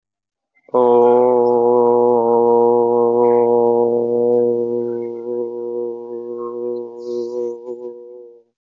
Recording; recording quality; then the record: sustained vowel as in boot; excellent, no background noise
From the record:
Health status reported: COVID-19 positive, mild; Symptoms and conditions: sore throat, loss of smell and taste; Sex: male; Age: 24 years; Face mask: not worn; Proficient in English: yes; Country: India